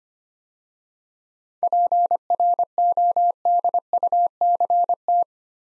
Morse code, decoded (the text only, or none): PRODUCT